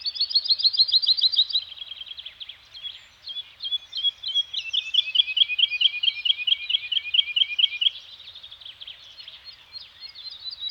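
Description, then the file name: Bird song made of fast trills and repeated notes with short gaps. Birds singing in a Scandinavian forest. "Nature Soundscape - Scandinavian Forest Environment with Birds Singing"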